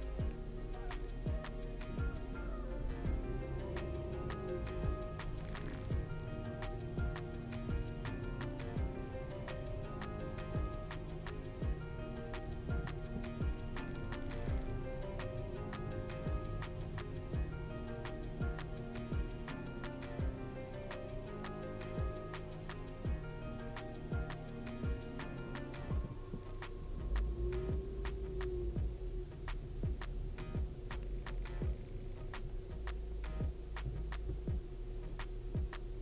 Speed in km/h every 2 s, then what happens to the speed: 0, 3, 7, 11, 11, 8, 7, 10, 10, 5, 1, 0, 0, 0, 3, 6, 0, 1.
0-6 pulls away to 11. 6-16 steady at about 10. 16-19 slows to 1. 19-27 standing. 31-36 standing.